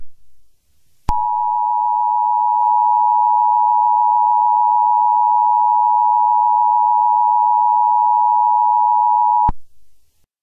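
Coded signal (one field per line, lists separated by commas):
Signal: Emergency Alert System (SAME) tones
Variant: 853 and 960 Hz attention tone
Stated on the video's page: Fake EAS scenario that may contain valid SAME headers and tones, alongside sirens.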